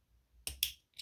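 A pick pulls back and pushes down on the spring-loaded chamber indicator in a Walther PP .32 ACP pistol slide, part of replacing a safety after the original failed from abuse. Two sharp metallic snaps at 0.5 s and 0.6 s mark the indicator popping into place, followed by a fainter tick at 1.0 s. The loaded chamber indicator ends up seated and installed.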